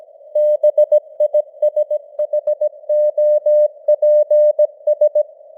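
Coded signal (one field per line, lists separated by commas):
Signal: Morse code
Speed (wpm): 17 wpm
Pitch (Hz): 600 Hz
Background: none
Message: BISHOPS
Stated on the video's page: Simulated Morse news headlines at 17 wpm with simulated radio noise and fading (QSB); experimental.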